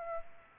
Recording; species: mosquito wingbeat signal from an infrared sensor; Aedes aegypti